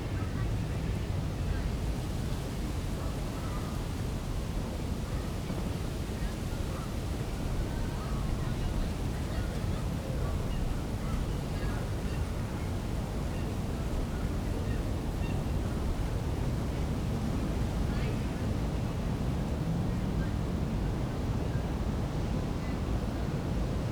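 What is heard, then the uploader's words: Midday ambience at Boundary Gardens: a steady, dense low roar like continuous traffic runs unchanged throughout. Faint, brief higher sounds flicker over it now and then, possibly murmured voices, but nothing stands out from the constant wash. Boundary Gardens. Noon.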